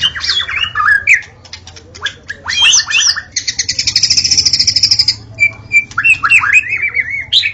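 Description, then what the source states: White-rumped shama song of fluty whistles and a long rapid rattle lasting about two seconds, followed by pure whistles and sweet slurred notes. Wild bird recorded in forest; natural song.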